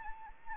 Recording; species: mosquito wingbeat signal from an infrared sensor; Anopheles arabiensis